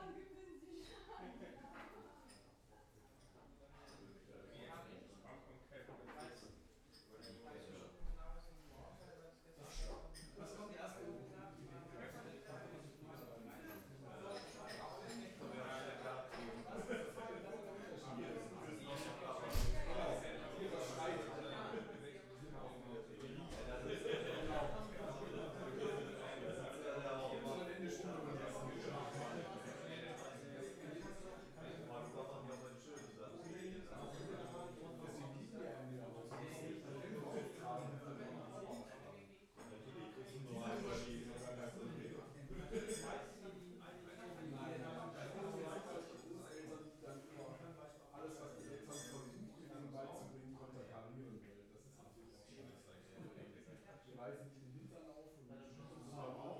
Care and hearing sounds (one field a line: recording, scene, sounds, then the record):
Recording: everyday scene through a hearing-aid microphone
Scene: many people talking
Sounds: many voices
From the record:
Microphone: behind the ear, left, rear